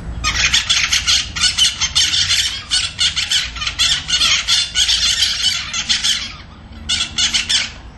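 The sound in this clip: Bird giving harsh, squealing calls in rapid, continuous bursts, with a brief pause near the end before a final short burst.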